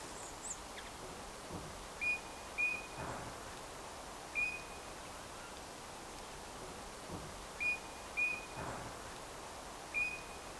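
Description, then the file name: Eurasian bullfinch calls: soft, short, level piping whistles, given singly or in close pairs every couple of seconds, over a low rumbling background with occasional faint thumps. "Pyrrhula pyrrhula"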